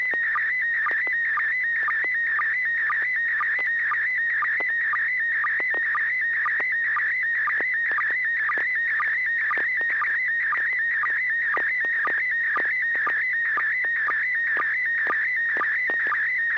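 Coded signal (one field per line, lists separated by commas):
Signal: SSTV (slow-scan television)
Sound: warbling, buzzy tone shifting pitch rapidly, with short low clicks about twice a second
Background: steady low hum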